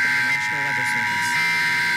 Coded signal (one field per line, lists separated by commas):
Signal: Emergency Alert System (SAME) tones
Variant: header bursts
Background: speech